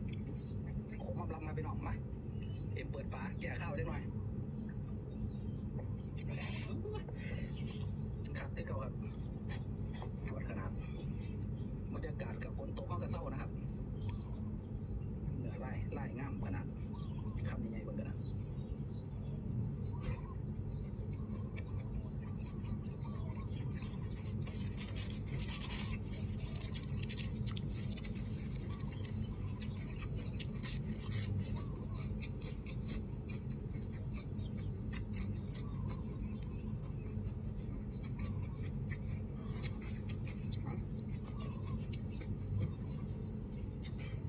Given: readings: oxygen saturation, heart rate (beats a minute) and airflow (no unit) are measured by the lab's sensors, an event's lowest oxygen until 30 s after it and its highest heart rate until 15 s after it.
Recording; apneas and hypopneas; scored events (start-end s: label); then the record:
a person awake in a sleep study, by a smartphone at the bedside; none
0.00-44.29 s: awake
From the record:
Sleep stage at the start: awake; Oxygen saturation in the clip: 95%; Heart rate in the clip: 74 to 76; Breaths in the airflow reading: 11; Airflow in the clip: -3.1 to 3.9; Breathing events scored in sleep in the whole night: 131 in 7.2 hours asleep